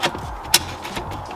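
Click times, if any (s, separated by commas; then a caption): 0.5 s. On an A90 Toyota Supra, a new cold air intake turbo inlet pipe with the stock rubber seal fitted in its groove is pushed onto the turbocharger outlet amid faint handling rustle. A sharp click sounds at 0.5 s as the pipe seats. It may still spin a little, but it is secure because it cannot be pulled off.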